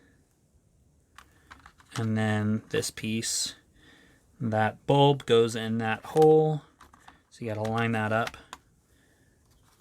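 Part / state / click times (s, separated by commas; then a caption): plastic model hull piece into scale model spaceship kit / not seated / none. A plastic hull piece of a scale model spaceship kit is handled, with its light bulb being lined up with the hole in the piece, while someone talks. A few faint sharp handling taps sound between about 1.2 and 1.8 seconds. Nothing has seated or clicked into place yet.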